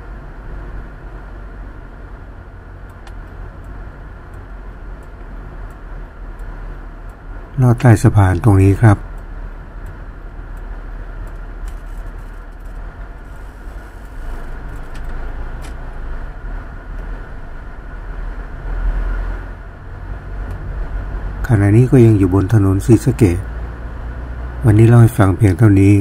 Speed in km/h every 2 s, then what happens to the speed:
39, 38, 36, 36, 34, 31, 25, 20, 20, 20, 23, 28, 32.
0-16 slows to 20. 19-26 speeds up to 32.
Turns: none.